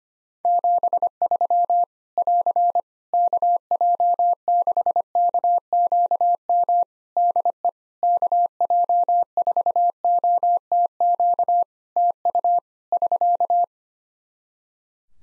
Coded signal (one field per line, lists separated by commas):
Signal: Morse code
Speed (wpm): 25 wpm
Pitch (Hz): 700 Hz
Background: none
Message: 73 <AR> KJ6KQM DE KJ4OTQ TU <SK>